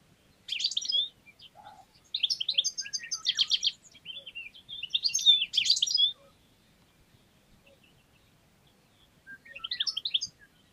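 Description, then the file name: European goldfinch twittering in quick, jangly bursts of high tinkling notes, a longer stretch in the middle, then a final short burst after a pause. "Carduelis carduelis"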